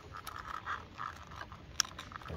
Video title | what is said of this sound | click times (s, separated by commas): TALARIA Sting Electronic Pedal Assist Kit Add-on Installation Video | there it clicked | 1.8 s